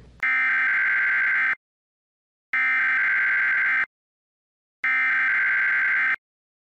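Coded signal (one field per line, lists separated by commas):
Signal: Emergency Alert System (SAME) tones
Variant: header bursts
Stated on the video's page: Fabricated vintage test-card recreation looping EBS attention signal and EAS SAME tones.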